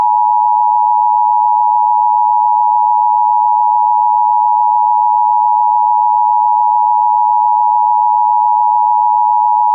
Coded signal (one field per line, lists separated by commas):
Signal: Emergency Alert System (SAME) tones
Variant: 853 and 960 Hz attention tone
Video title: EAS Flash Flood Warning (EAS #15 Now In HD!!)